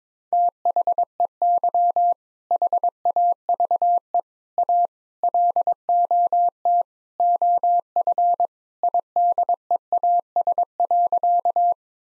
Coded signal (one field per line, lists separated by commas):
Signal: Morse code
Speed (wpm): 22 wpm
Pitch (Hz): 700 Hz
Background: none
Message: THEY HAVE A LOT OF IDEAS.